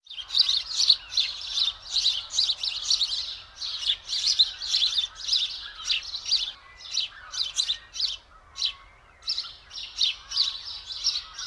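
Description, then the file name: House sparrow chirping, a dense run of harsh high chirps with brief pauses. "Passer domesticus"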